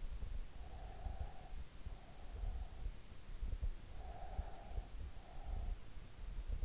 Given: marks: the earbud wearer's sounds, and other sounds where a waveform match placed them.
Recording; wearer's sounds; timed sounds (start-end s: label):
sounds in sleep by an in-ear microphone; breath
0.60-2.53 s: breath
3.97-6.25 s: breath